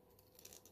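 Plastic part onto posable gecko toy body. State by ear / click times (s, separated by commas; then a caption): seated / 0.4 s. A plastic part is pushed onto the joint of a posable gecko toy body, producing faint, soft ticks and crinkly contact noises. Small clicks are heard at 0.4 s and 0.5 s as the part presses home and seats.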